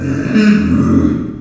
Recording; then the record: squeal of a Yucatan mini pig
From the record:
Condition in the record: after surgery on the right vocal fold (resection and tissue-engineered implant); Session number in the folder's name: 9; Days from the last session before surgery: 65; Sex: female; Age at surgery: 19 weeks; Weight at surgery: 25 kg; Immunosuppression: prednisolone